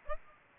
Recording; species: mosquito wingbeat signal from an infrared sensor; Aedes albopictus